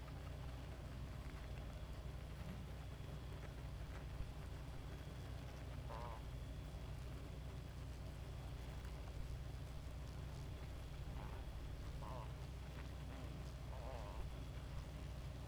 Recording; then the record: honeybee colony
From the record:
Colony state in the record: active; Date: 28 July 2017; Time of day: 2:17